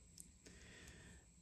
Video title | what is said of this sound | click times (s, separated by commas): Foil Quill mit USB Stift v. Action im Plotter. Geht das? Was muss ich beachten? Brother Scanncut | festziehen und der ist wirklich man hat es jetzt gerade gehört ist auch wirklich eingerastet | 0.2 s